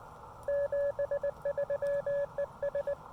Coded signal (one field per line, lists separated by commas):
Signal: Morse code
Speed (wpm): 18 wpm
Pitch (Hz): 590 Hz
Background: none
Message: 73 ES